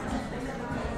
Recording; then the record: background sound without coughing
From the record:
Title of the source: 60 minutes of coffee shop sounds for study and concentration